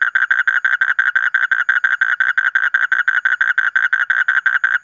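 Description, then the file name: Asian common toad trilling: loud, evenly spaced pulses repeated without pause. "suara kodok bangkong kolong kodok buduk"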